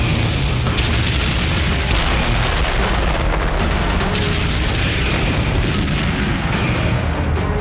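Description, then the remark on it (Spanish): Loud, repeated tank cannon shots boom through a dense, constant wall of battle noise, with sharp blasts recurring every second or two over a heavy low rumble, fired at Sherman tanks about 500 to 600 metres away in the Battle of the Ardennes. “Como previamente ya tenía las distancias exactas tomadas, pude disparar a los cuatro primeros Shermans que aparecieron y acertar al primer disparo.”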